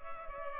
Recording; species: mosquito wingbeat signal from an infrared sensor; Culex pipiens